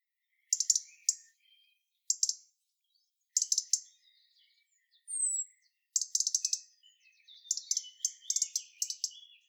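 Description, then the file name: European robin tick calls, short bursts of sharp high clicks repeated every second or two, with a thin high whistle and soft low twitters between bursts. "Erithacus rubecula"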